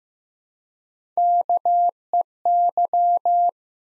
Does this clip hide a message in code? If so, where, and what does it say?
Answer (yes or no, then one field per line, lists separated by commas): yes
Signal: Morse code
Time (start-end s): 1.2-3.5 s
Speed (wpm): 15 wpm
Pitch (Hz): 700 Hz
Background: none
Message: KEY